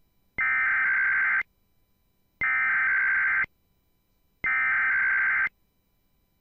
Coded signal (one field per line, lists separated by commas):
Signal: Emergency Alert System (SAME) tones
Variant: header bursts